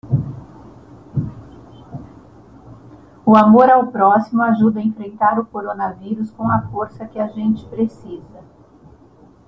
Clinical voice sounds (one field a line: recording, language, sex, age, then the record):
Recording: spoken sentence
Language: Brazilian Portuguese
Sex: female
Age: 60 to 69 years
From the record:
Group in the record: control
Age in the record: 61 years